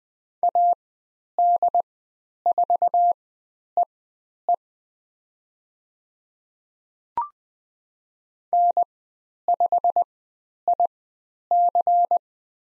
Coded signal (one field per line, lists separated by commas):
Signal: Morse code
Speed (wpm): 20 wpm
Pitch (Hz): 700 Hz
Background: none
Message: AD4EE N5IC